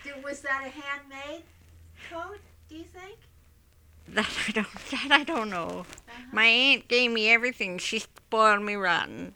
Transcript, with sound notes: Was that a hand made coat, do you think?
That I, that I don't know. (she laughs) My aunt gave me everything. She spoiled me rotten.